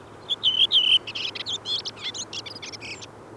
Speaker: Punakylkirastas laulaa näin.